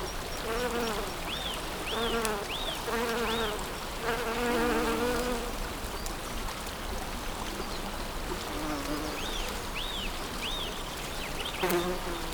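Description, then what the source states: Bee hum comes and goes in short swells, with a bird repeating quick arched chirps in runs of three or four over flowing background noise. Bees in spring, with water.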